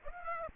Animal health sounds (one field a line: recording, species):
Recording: mosquito wingbeat signal from an infrared sensor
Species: Aedes aegypti